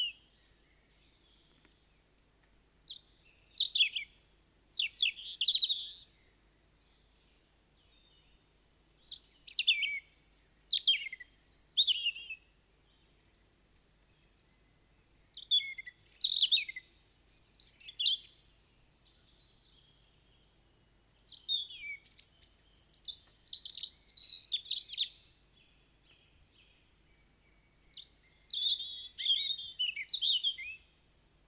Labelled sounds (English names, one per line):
European Robin song